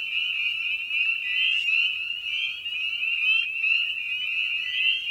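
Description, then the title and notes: Spring peepers peeping in a dense chorus, high shrill notes overlapping constantly, with faint lower notes behind them. Spring peepers recorded at a frog pond in the evening; presented in a modified format intended as a sleep aid. "Episode 5: Night of the Peepers. we return to the frog pond for a meditative evening. Species in Focus: Spring Peeper (Pseudacris crucifer). Written, recorded, and produced by Ian Carlsen"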